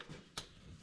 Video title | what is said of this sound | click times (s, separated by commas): 71 Corvette Compression Test | You heard the click. That's back on. | 0.4 s